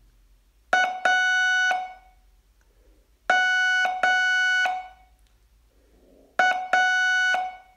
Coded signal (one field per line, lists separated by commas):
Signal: Morse code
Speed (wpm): 7 wpm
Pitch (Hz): 1480 Hz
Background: none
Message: AMA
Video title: Learn Morse in 42 Days from VU2LAU - day20